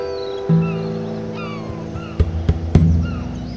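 bird, seagulls calling

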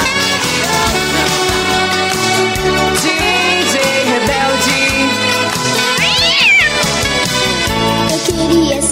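animal, cat meowing

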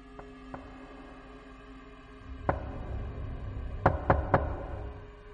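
household object, knocking on a door

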